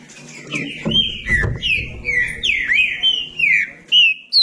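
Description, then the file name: Green-winged saltator song with liquid, sliding whistles that rise and fall, closely linked in a quick warbling run, over faint low background noise. "canto do trinca ferro"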